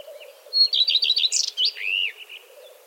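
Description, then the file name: Common redstart song: a clear opening whistle, a run of rapid repeated chirps, then a scratchy flourish and a slurred note, with a steady low hum behind. "Gartenrotschwanz Gesang"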